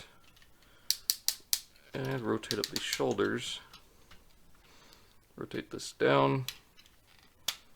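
Someone talks while handling a Transformers Generations Combiner Wars Voyager Class Onslaught toy, rotating up the shoulders with a quick series of sharp plastic clicks around 0.9 to 1.5 s. A plastic part is then rotated down into the combiner toy's body and seats with a distinct loud snap at 7.5 s.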